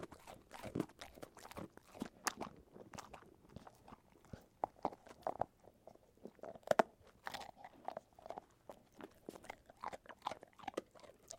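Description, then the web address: Dog chewing, steady soft crunches and clicking bites repeating irregularly, with a few sharper cracks around the middle. Dog eating a Milk-Bone biscuit. "DOGZ breed dog-eating-milk-bone"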